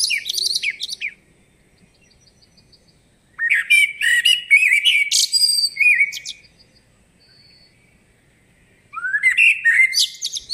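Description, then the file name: Eurasian blackbird giving busy phrases of upswept whistles and harsh high twittering, separated by long silent pauses with a faint thin note, the last phrase rising sharply. "Turdus merula"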